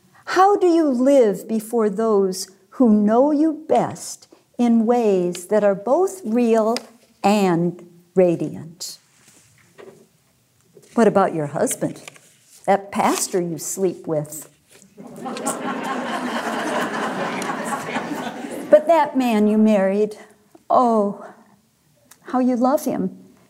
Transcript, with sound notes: How do you live before those who know you best in ways that are both real and radiant? What about your husband—that pastor you sleep with! (laughter) But that man you married, oh how you love him!